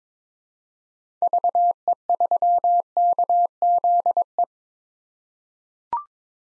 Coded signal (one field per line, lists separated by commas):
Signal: Morse code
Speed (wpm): 22 wpm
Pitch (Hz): 700 Hz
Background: none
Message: VE3KZE